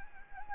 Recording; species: mosquito wingbeat signal from an infrared sensor; Anopheles gambiae